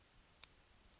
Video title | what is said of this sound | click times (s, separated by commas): What IS Concentric Twisting? - Motorsport Wiring [#TECHTALK] | all right nice little click i know that's in place we can pull that back and we can then simply remove it | 0.4 s